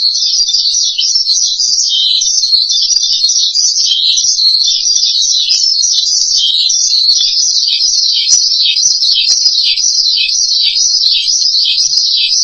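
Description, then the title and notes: Starling song, a steady, rhythmic run of repeated dipping high notes forming a rapid, unbroken warble. "suara burung jalak"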